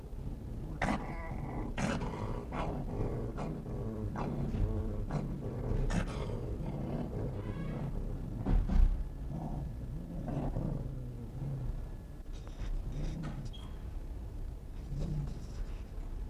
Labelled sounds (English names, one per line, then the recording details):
Arctic Fox
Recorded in captivity
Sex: male
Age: adult
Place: Zoologisches Institut der HUB, Berlin, DE
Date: 1959-11-24 11:30
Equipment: Reporter, Vollspur
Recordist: Tembrock, Günter
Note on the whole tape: ("Nina" aus Tierpark zurück: sie im Kasten); "Teddy" unter der Kiste: Knurren (LKr) gegen "Nina" und geschlossenes Bellen (LBg), auch gegen Beobachter; Entfernung 5 m (kurz 30 cm)